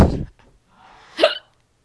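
Two abrupt, gulping hiccups about a second apart in an adult, the second with a sharp voiced 'hic': persistent hiccups.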